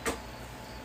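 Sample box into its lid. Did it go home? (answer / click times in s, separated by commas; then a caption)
no / none. A sample box is handled as it is about to be pushed into its lid after its protruding flaps are folded down first. There is a brief soft rustle of handling near 0.1 s, then only a low, steady background hum. Nothing has snapped or seated yet; the box is not yet home in its lid.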